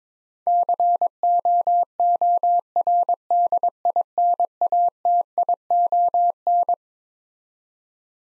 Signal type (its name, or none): Morse code